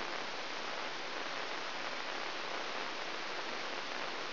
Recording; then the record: brain microelectrode recording played as sound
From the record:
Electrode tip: inside the subthalamic nucleus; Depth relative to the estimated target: -3.3 mm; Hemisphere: left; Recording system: AlphaMap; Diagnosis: Parkinson's disease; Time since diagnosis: 20 years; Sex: female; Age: 65 years